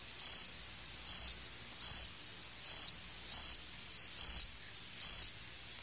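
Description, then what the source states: Cricket chirping: short, bright, high pulsed chirps repeated at a steady pace, about every 0.8 seconds, over quiet background. Several crickets.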